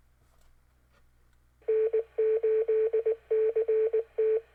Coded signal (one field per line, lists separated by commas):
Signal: Morse code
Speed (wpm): 19 wpm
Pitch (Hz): 440 Hz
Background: none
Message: N8CT